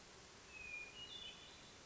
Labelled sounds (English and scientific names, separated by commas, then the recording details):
Hermit Thrush (Catharus guttatus)
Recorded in Sonoma County, California